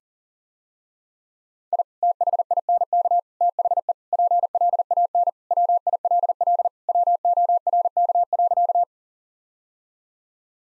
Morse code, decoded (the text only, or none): I THINK THE PLAN WILL WORK.